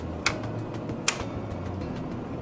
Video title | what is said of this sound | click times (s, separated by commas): Zebra's ZXP Series 8 Card Printer Setup and Installation | once you hear that you can see that the latch is in this position your laminate cassette is successfully installed | 0.3 s, 1.1 s